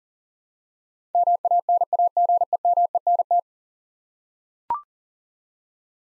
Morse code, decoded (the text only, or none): MANAGEMENT